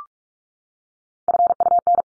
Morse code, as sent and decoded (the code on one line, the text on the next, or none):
..-. ..- -.
FUN